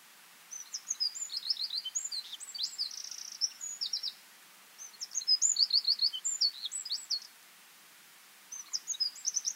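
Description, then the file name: Eurasian wren repeating explosive high songs full of fast trills and sharp chips, three bursts with short pauses. "Troglodytes troglodytes"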